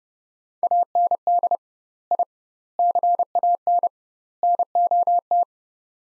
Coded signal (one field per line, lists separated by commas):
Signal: Morse code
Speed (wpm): 30 wpm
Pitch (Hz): 700 Hz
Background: none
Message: AND I CAN NOT